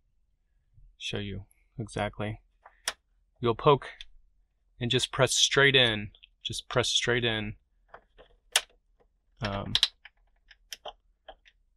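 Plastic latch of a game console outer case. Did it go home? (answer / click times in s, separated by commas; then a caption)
released / 8.6 s. A screwdriver is pushed straight into a slot in the plastic outer case of an Xbox 360 game console, to reach and pop an internal plastic latch while opening it to replace the DVD drive, as someone talks. A sharp snap at 8.6 s marks the plastic latch breaking free, releasing the case.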